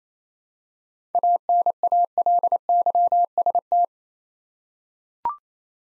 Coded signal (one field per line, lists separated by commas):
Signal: Morse code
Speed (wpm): 27 wpm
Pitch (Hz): 700 Hz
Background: none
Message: ANALYST